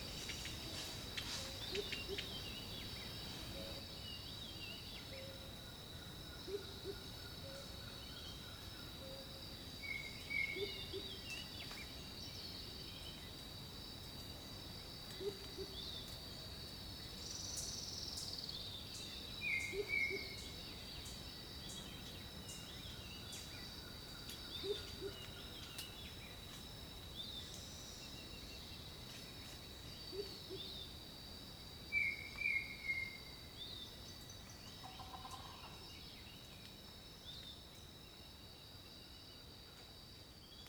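Birds calling in a jungle over a steady, high insect drone that never lets up. A soft, low hoot repeats every few seconds throughout, while short bright chirps break in now and then, around ten, twenty and thirty-two seconds, alongside scattered faint clicks.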